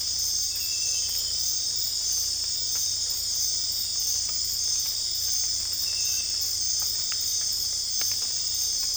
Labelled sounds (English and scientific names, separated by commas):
none